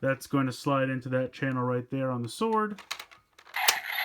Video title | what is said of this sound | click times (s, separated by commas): Zyuden Sentai Kyoryuger Brave Gabugaburivolver & Gabugaburicalibur Set Review | And you can hear them connect together, and there you | 3.7 s